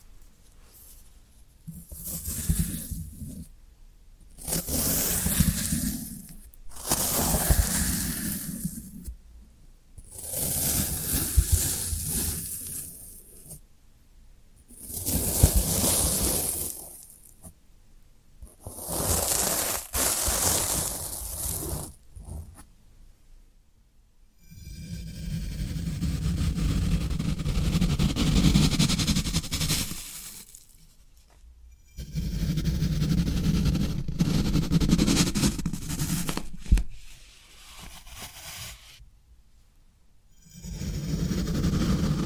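Floral foam being worked in repeated bursts: crumbly, gritty crunching and scraping sounds, each lasting one to three seconds with short silent gaps. After about 24 seconds the strokes grow longer and smoother, with a deeper rubbing tone, before a final brief burst.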